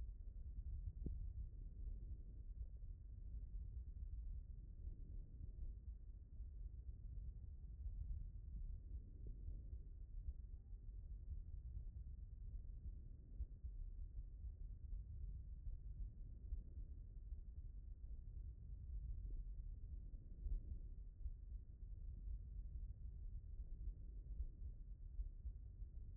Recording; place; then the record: heart sounds by stethoscope; mitral valve (MV)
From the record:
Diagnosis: non-HFrEF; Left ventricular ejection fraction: 61%